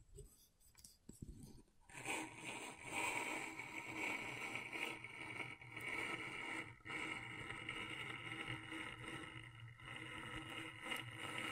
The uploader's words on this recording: ASMR Brain Tingling Scratchboard (No Talking).